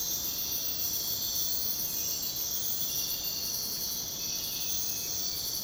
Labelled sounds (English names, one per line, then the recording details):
none
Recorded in secondary vegetation near Puerto Asís, Putumayo, Colombia, on 22 June 2025 at 05:00
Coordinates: 0.484, -76.319
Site G074